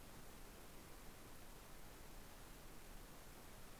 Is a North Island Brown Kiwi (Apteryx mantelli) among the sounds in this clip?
no